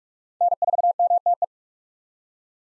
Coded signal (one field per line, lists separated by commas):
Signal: Morse code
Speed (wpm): 42 wpm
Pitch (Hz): 700 Hz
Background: none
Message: N4MTE